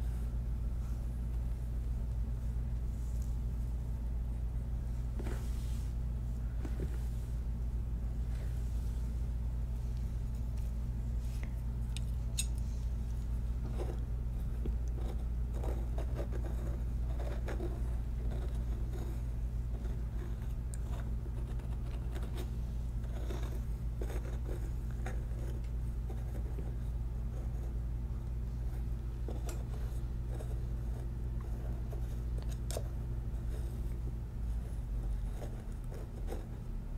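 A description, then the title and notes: A scalp massage runs over a steady, low motor-like hum that holds throughout with a faint buzzing edge. Brief soft clicks and scratchy rubs break in irregularly, growing busier after about thirteen seconds, and a thin tone appears near the end. ASMR Relaxing Scalp Massage.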